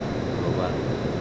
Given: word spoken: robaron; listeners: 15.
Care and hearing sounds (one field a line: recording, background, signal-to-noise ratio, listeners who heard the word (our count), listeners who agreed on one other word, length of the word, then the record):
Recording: one Spanish word in noise, from a listening test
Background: speech-shaped noise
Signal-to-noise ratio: -5.6 dB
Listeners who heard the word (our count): 0 of 15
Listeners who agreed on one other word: 11 of 15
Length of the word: 0.81 s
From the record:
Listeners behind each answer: 11, 2, 1, 1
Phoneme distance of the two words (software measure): 14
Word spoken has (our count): 3 syllables, 7 phonemes, stress on syllable 2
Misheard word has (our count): 2 syllables, 5 phonemes, stress on syllable 2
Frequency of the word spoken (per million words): 3.67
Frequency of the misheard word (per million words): 8.13